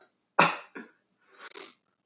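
A sharp, loud cough and a quick second burst, then a softer, breathy cough.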